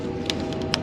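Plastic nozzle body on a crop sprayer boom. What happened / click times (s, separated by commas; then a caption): The plastic nozzle body clicked into position / 0.3 s, 0.7 s. A plastic nozzle body on a crop sprayer boom is turned and gives two sharp detent clicks at 0.3 and 0.74 seconds as it seats into position. A steady low hum runs underneath the whole clip.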